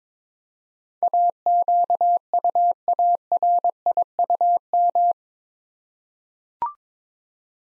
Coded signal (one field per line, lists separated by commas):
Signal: Morse code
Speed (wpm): 22 wpm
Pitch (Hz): 700 Hz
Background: none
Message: AQUARIUM